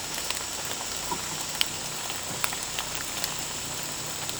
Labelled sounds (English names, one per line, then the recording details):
none
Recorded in pastures near Puerto Asís, Putumayo, Colombia, on 18 December 2024 at 00:30
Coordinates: 0.466, -76.322
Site G040